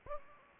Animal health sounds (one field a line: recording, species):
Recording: mosquito wingbeat signal from an infrared sensor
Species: Anopheles gambiae